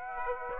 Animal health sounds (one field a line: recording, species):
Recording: mosquito wingbeat signal from an infrared sensor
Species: Aedes aegypti